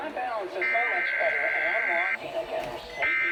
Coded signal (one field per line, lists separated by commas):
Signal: Emergency Alert System (SAME) tones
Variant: header bursts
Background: speech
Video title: IN PERSON KDKA TEST AT PITTSBURGHEAS’s HOUSE! (5/30/21) EAS 257